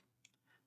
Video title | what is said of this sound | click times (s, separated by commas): GoPro Hero 11 Black - Unboxing & Initial Setup | pop that until it clicks and then close the door | 0.2 s